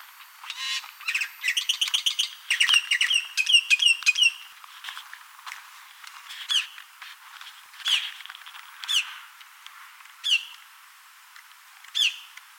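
Bird calls: a fast burst of bright chirps, then sharp down-slurred notes repeated about once a second.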